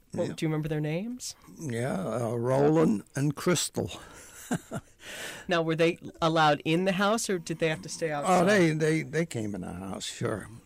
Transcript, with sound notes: Do you remember their names?
Yeah. Roland and Kristall. ( he laughs )
Now, were they allowed in the house, or did they have to stay outside?
They came in the house, sure.